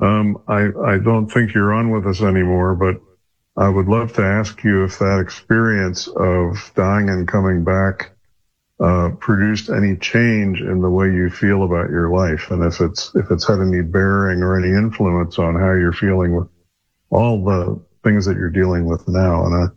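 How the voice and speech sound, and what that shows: A man speaks in a low, steady voice with fluent, connected phrasing and a few natural pauses and fillers. Articulation is clear and voice quality is smooth. This is ordinary fluent adult speech with no sign of a speech or voice disorder.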